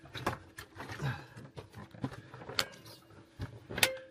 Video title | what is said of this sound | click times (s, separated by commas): HOW TO TAKE A BATH IN A CAMPERVAN | So, there's six of those little poles. And they all click. | 2.6 s, 3.8 s